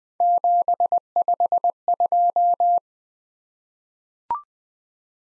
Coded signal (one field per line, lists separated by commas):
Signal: Morse code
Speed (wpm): 21 wpm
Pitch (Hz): 700 Hz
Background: none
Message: 752